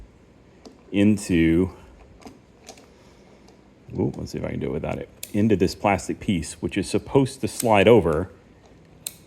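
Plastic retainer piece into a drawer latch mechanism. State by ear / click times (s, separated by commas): seated / 9.1 s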